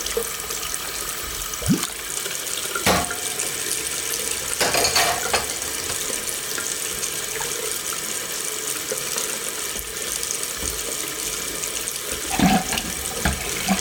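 Dishes are washed under a running tap, the water hissing steadily and brightly throughout. Sharp clinks and knocks of dishes break through at about 2, 3, 5 and 12 seconds, with softer splashes and handling sounds between.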